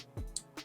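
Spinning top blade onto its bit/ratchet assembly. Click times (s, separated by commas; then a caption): 0.4 s. A plastic spinning-top blade is twisted to the right onto its bit/ratchet assembly until the parts lock together. A low rumble is followed by a short, sharp, high click at 0.4 s and a fainter rattle afterward, confirming the parts have seated.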